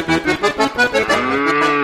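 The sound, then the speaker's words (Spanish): A cow moos loudly, starting with a quick series of rhythmic, pulsing grunts that then stretch into one long, sustained low bellow with rich harmonics and a gently bending pitch. “Las vacas son las mismas, pero hay cada vez menos tambos.”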